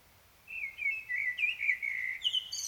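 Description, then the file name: Common blackbird song: a run of low, liquid whistled notes that wander in pitch, ending in several high, squeaky chirps. "Turdus merula"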